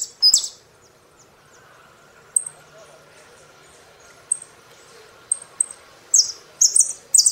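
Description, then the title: Saffron finch singing: one buzzy burst, a pause, then scattered thin high whistled notes building into quick repeated buzzy phrases at the end. "Jilguero Argentino"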